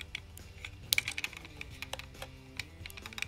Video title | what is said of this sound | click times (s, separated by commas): Carlson GNNS Surv CE Rover NTRIP setup BRX6+ GPS network CORS reference, by Allenbuild | left-hand side there is a slot push it in till it clicks | 0.9 s